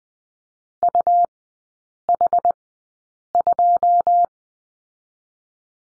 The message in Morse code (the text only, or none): UH2